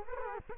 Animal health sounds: mosquito wingbeat signal from an infrared sensor; Culex quinquefasciatus

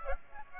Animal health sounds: mosquito wingbeat signal from an infrared sensor; Aedes aegypti

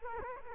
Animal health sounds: mosquito wingbeat signal from an infrared sensor; Culex quinquefasciatus

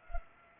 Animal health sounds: mosquito wingbeat signal from an infrared sensor; Culex pipiens

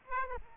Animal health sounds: mosquito wingbeat signal from an infrared sensor; Aedes aegypti

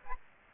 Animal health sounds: mosquito wingbeat signal from an infrared sensor; Aedes aegypti

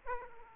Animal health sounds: mosquito wingbeat signal from an infrared sensor; Aedes aegypti

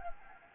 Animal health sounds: mosquito wingbeat signal from an infrared sensor; Anopheles gambiae

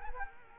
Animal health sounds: mosquito wingbeat signal from an infrared sensor; Culex quinquefasciatus

